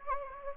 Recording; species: mosquito wingbeat signal from an infrared sensor; Anopheles gambiae